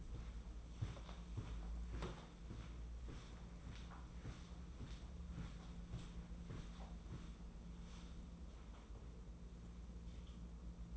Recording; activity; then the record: daily activity, microphone in the room; walk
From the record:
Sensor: 1